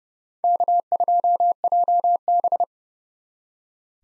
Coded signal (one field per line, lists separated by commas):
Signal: Morse code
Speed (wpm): 31 wpm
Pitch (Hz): 700 Hz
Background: none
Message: K2JB